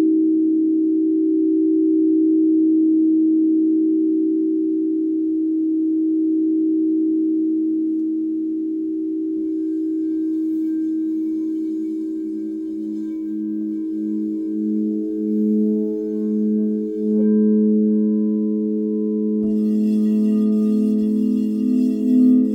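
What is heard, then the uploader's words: Crystal singing bowls hum in a steady, pure, low-mid drone that holds at an even level throughout. From about ten seconds a second bowl joins with a slow pulsing beat, and soft bright shimmering touches rise faintly near the end. 30 minute Sound Bath. Crystal Singing Bowls.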